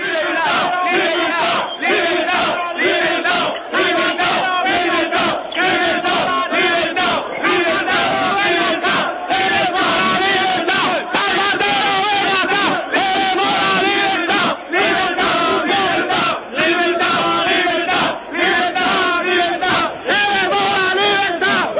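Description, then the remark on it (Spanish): A large crowd of demonstrators at a protest outside the CIE in Barcelona shouts and chants continuously, many voices blending into a loud, dense roar with rhythmic surges and brief dips throughout, heard from outside. “No sé si oís los gritos de fuera.”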